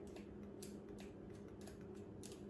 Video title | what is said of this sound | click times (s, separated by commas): CRKT homfront | You guys hear that click? | 2.3 s